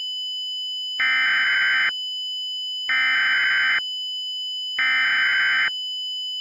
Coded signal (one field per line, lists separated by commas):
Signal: Emergency Alert System (SAME) tones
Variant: header bursts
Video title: EAS Mock: Tornado Emergency